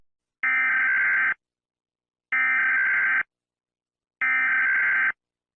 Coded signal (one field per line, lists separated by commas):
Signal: Emergency Alert System (SAME) tones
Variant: header bursts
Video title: EAS Scenario #5.1 The Grand Finale Part 2 [Season 2]